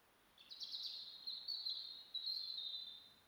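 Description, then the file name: European robin: a long, thin, high whistled phrase, stuttering at first, then sustained with brief breaks, over a quiet hissing background. "Erithacus rubecula"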